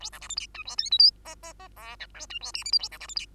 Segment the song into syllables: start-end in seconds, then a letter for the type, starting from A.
0.00-0.10 A, 0.12-0.20 B, 0.21-0.28 C, 0.29-0.36 D, 0.36-0.47 E, 0.54-0.64 F, 0.65-0.76 G, 0.78-0.90 H, 0.91-0.98 I, 0.99-1.11 J, 1.25-1.35 K, 1.43-1.53 K, 1.59-1.68 K, 1.76-1.96 L, 1.99-2.06 M, 2.14-2.26 N, 2.30-2.39 F, 2.41-2.52 G, 2.54-2.64 O, 2.65-2.71 P, 2.72-2.79 Q, 2.79-2.89 A, 2.91-2.99 B, 3.00-3.07 C, 3.08-3.15 D, 3.16-3.26 E